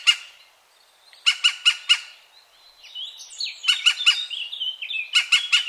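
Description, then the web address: European green woodpecker sounding rapid runs of four sharp, harsh notes, three series in a few seconds, with another bird's twittering song between the later series. "chant xeno-canto pic vert"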